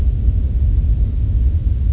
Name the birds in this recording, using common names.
none